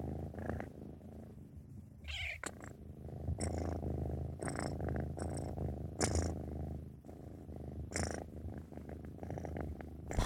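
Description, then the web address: Cat giving a low throbbing purr throughout, broken by several short higher rustles and clicks. "animal cat"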